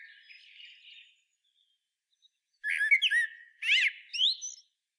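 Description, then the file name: Common blackbird song: a soft warble fades out, and after a pause come loud, squeaky, high twittered notes in two quick bursts. "Turdus merula"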